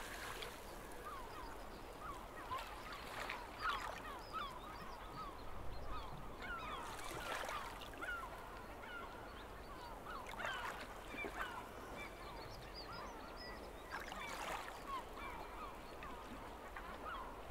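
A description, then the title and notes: A crowded flock of seagulls squawks and calls over one another without pause, a dense, steady chatter of overlapping cries. Louder, harsher outbursts rise every few seconds, around 4, 7, 10 and 14 seconds in, over a low rumble of wind or surf. Seagull sound effect.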